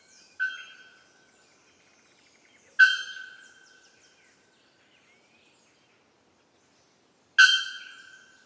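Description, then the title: Bird giving three sharp, ringing whistled notes that fade slowly, separated by long silent gaps of several seconds. Birdsong in tropical forest on Ilha Grande, Brazil; species unknown. "Oiseaux à Ilha grande"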